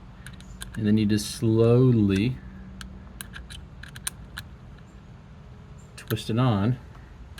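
A doorbell camera sits on its wall mounting bracket while its star-bit security screw is slowly twisted in. Someone talks, and small sharp ticks and taps come through between the speech. Nothing has seated or clicked yet, and the unit has not locked in place.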